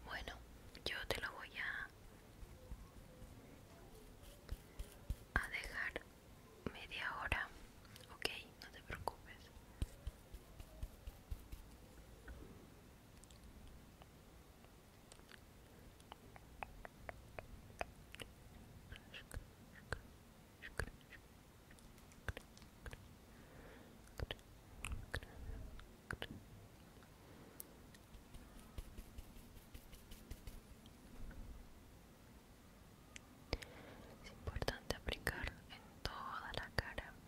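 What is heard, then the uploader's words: Quiet sounds of facial skincare and massage: soft wet taps, sticky clicks and rubbing against skin. Brief brighter swishing strokes come near the start, around six to nine seconds, and again in the last few seconds, with sparse clicks between. Relaxing Facial Skincare and Massage.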